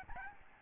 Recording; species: mosquito wingbeat signal from an infrared sensor; Aedes albopictus